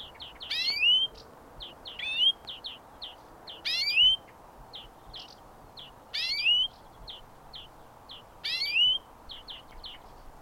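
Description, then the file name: European greenfinch calling: brief high chirps throughout, with five louder bursts that each hold a bright rising whistle, against a constant hiss. "Chloris chloris"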